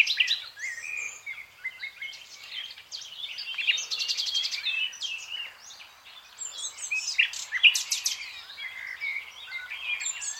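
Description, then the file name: Common nightingale song: rich, varied phrases of whistles, trills and sharp chirps, delivered in quick bursts with short pauses. "Nachtigall"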